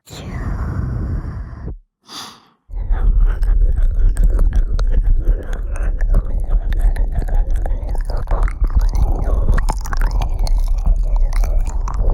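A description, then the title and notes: Ear eating: moist chewing, nibbling and clicking mouth sounds, dense and continuous after a brief pause with one soft breathy sigh. ASMR Ear Eating You.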